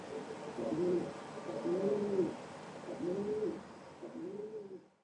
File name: chant pigeon biset